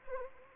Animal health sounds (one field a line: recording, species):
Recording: mosquito wingbeat signal from an infrared sensor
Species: Anopheles arabiensis